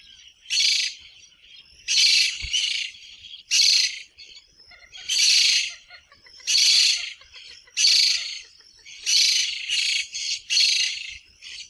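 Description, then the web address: Maroon-bellied parakeet calls, harsh high screeching bursts repeated roughly every one to one and a half seconds, some doubled, in a quiet background. "Pyrrhura frontalis - Chiripepé"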